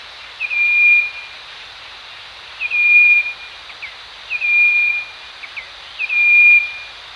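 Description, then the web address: Striped wren-babbler giving clear, steady whistles on one pitch, repeated about every two seconds, over a constant background hiss. Recorded at Danum on 1 March 2008. "DANUM 20080301. striped wren-babbler"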